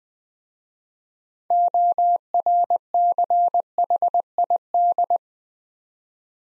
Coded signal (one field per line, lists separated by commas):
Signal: Morse code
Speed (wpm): 21 wpm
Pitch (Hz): 700 Hz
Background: none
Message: ORCHID